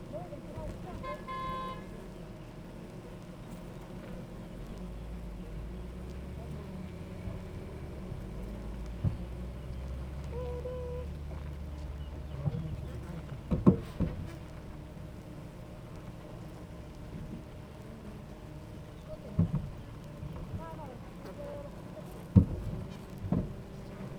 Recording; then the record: honeybee colony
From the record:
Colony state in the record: active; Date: 28 July 2017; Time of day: 9:15